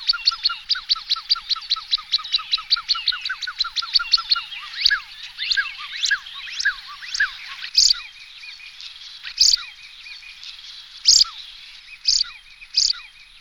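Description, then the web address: Shelduck giving quick, high, downslurred whistled notes in a rapid series, which slow into scattered sharper notes with a few louder bursts later on. "anseriformes t tadorna"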